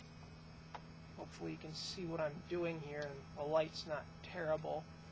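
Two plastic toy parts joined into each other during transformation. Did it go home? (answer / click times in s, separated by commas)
no / none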